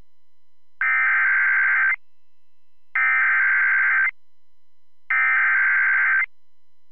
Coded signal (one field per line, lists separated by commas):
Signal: Emergency Alert System (SAME) tones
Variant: header bursts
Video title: Another Visit to the Deep South | EAS Alerts from March 26th, 2023 (EAS #2296-2312)